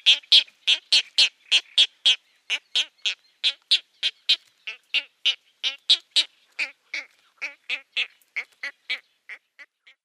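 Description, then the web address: Great egret nestlings giving a fast series of harsh, clicking, buzzy notes, fading toward the end. "Schulze Peter Great Egret nestlings"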